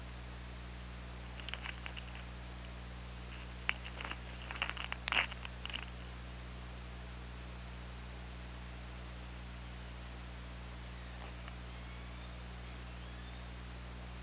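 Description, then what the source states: Killer whale pulsed sounds: a cluster of rapid click bursts over a few seconds, then faint rising whistle-like tones, over steady low hum and hiss. Recorded underwater by OrcaLab hydrophone on 24 August 2017 at 23:08:17.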